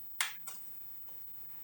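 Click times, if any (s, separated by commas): 0.2 s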